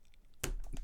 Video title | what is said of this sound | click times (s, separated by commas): Really nice thin case for your Samsung Galaxy Z Flip 5 by Ringke | So if you have a listen here, you might hear it click a bit. | 0.4 s